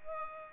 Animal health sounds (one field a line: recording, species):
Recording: mosquito wingbeat signal from an infrared sensor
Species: Culex pipiens